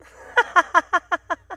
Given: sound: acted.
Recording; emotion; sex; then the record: nonverbal affect burst; happiness; female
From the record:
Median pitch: 355 Hz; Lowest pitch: 312 Hz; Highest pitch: 497 Hz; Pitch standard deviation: 51 Hz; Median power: 50.6 dB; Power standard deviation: 13.7 dB